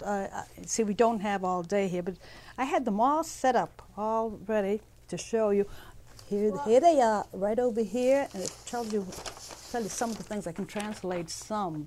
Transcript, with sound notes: But, see, we don't have all day here, but I had them all set up, all ready to show you. Here they are, right over here. ( a rustling is heard ) It tells you some of the things I can translate some.